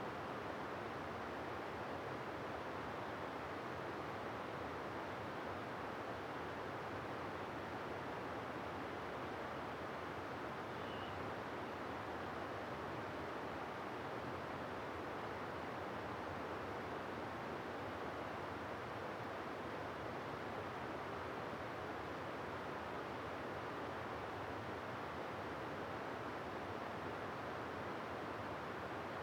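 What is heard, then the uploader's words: A summer night in the forest in the North Fork of the Sacramento River valley, filled by a steady, dense rushing like flowing water that never changes. The hiss sits mostly in the low and middle range, with one faint, brief high note near eleven seconds. This was recorded on cool summer night in the forest high in the valley of the North Fork of the Sacramento River in Shasta-Trinity National Forest, Siskiyou County, California. The rushing water of several mountain streams is heard in the distance, providing a soothing background to a calm and peaceful night.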